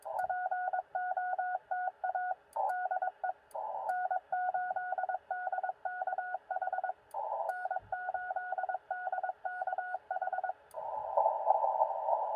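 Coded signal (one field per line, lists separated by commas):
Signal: Morse code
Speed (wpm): 22 wpm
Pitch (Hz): 1460 Hz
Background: radio noise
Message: POTA DE N8DKH N8DKH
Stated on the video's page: Sent with a bug on a QRP POTA park activation using a ham stick antenna and battery power.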